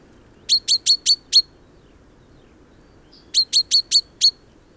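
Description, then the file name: Common chaffinch calling, two bursts of five sharp, bright chink notes fired rapidly, separated by a pause of about two seconds with one soft note between; otherwise quiet. "Fringilla coelebs"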